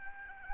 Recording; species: mosquito wingbeat signal from an infrared sensor; Aedes albopictus